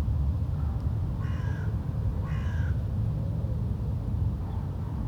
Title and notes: Parc de Wolvendael, 1180 Uccle, Belgium - Corbeaux - Crows. Ambiance dans le parc, quelques oiseaux. Ambience in the park, some birds